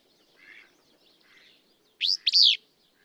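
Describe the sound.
Willow flycatcher giving a single buzzy, explosive two-part song phrase after two faint, softer sounds.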